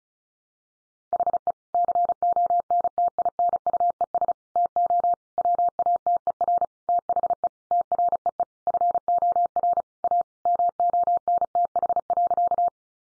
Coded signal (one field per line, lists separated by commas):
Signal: Morse code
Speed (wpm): 34 wpm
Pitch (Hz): 700 Hz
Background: none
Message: HE CONTINUES TO WATER THE TREE FOR A MONTH.